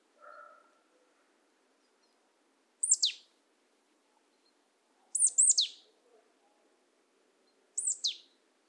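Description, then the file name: Marsh tit giving bright, descending high call notes in short bursts, roughly every two and a half seconds, after a brief faint lower sound at the start. "Poecile palustris"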